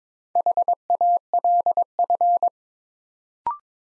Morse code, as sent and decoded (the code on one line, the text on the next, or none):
.... .- .-.. ..-.
HALF